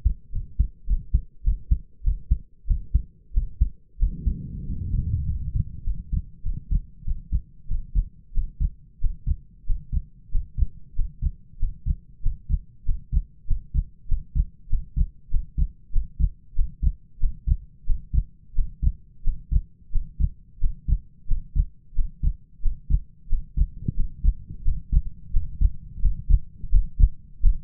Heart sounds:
heart sounds by stethoscope; 93 bpm
0.31 s: heartbeat
0.86 s: heartbeat
1.43 s: heartbeat
2.03 s: heartbeat
2.67 s: heartbeat
3.33 s: heartbeat
3.98 s: heartbeat
4.65 s: heartbeat
5.26 s: heartbeat
5.84 s: heartbeat
6.43 s: heartbeat
7.05 s: heartbeat
7.68 s: heartbeat
8.33 s: heartbeat
9.00 s: heartbeat
9.65 s: heartbeat
10.31 s: heartbeat
10.95 s: heartbeat
11.58 s: heartbeat
12.22 s: heartbeat
12.85 s: heartbeat
13.46 s: heartbeat
14.07 s: heartbeat
14.69 s: heartbeat
15.30 s: heartbeat
15.92 s: heartbeat
16.55 s: heartbeat
17.19 s: heartbeat
17.86 s: heartbeat
18.54 s: heartbeat
19.23 s: heartbeat
19.91 s: heartbeat
20.60 s: heartbeat
21.27 s: heartbeat
21.95 s: heartbeat
22.61 s: heartbeat
23.28 s: heartbeat
23.96 s: heartbeat
24.64 s: heartbeat
25.32 s: heartbeat
26.01 s: heartbeat
26.71 s: heartbeat
27.42 s: heartbeat
From the record:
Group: healthy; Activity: rest 0-4 s, Valsalva maneuver 4-28 s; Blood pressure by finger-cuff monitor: 98/64 mmHg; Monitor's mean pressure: 74 mmHg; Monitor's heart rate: 91 bpm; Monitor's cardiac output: 6.2 L/min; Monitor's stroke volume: 65 mL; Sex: male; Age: 22 years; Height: 181 cm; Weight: 60 kg

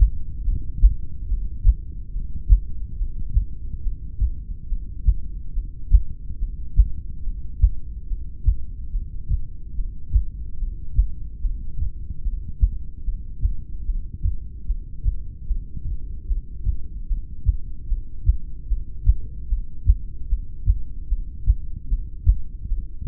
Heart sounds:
heart sounds by stethoscope; 73 bpm
0.45 s: heartbeat
1.28 s: heartbeat
2.13 s: heartbeat
2.98 s: heartbeat
3.83 s: heartbeat
4.69 s: heartbeat
5.55 s: heartbeat
6.40 s: heartbeat
7.24 s: heartbeat
8.08 s: heartbeat
8.92 s: heartbeat
9.76 s: heartbeat
10.59 s: heartbeat
11.41 s: heartbeat
12.23 s: heartbeat
13.04 s: heartbeat
13.86 s: heartbeat
14.67 s: heartbeat
15.47 s: heartbeat
16.27 s: heartbeat
17.08 s: heartbeat
17.88 s: heartbeat
18.68 s: heartbeat
19.49 s: heartbeat
20.29 s: heartbeat
21.09 s: heartbeat
21.89 s: heartbeat
22.68 s: heartbeat
From the record:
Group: heart failure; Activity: breath hold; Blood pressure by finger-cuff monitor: 82/58 mmHg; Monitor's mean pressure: 67 mmHg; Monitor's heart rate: 74 bpm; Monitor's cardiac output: 5.7 L/min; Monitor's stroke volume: 77 mL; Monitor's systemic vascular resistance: 840 dyn s/cm5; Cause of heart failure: ischemic heart disease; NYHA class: 2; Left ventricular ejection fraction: 28%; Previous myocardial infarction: present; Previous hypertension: present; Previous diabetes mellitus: present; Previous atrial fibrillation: present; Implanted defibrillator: present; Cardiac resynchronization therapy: present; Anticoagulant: apixaban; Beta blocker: bisoprolol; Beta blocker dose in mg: 10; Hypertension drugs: sacubitril-valsartan, spironolactone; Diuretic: furosemide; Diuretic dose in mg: 20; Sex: male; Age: 62 years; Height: 178 cm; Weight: 88.3 kg

